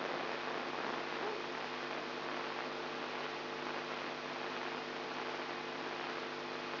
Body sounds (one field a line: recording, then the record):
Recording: brain microelectrode recording played as sound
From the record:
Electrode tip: inside the subthalamic nucleus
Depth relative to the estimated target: -1 mm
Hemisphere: left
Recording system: AlphaMap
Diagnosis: Parkinson's disease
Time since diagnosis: 14 years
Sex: female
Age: 63 years